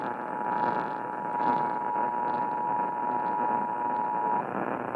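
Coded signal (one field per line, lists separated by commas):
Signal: Emergency Alert System (SAME) tones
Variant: 853 and 960 Hz attention tone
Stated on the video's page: Illinois Required Monthly Test originated by the state emergency management agency and relayed on all Illinois radio and TV stations.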